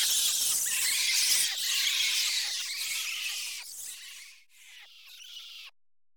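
Bats chattering in a thick mass of high squeals that thins out partway through, leaving scattered chirps before stopping abruptly.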